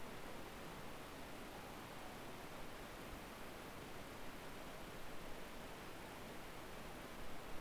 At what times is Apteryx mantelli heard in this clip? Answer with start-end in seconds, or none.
none